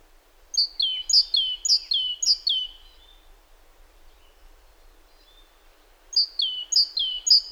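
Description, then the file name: Great tit song: a few high-to-low two-note phrases, a quiet gap of about three seconds, then the phrase repeated again. "Parus major"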